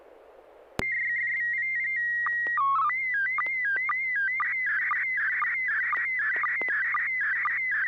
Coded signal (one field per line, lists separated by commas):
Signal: SSTV (slow-scan television)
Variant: PD 120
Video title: N6NA SSTV Net - 10/25/2023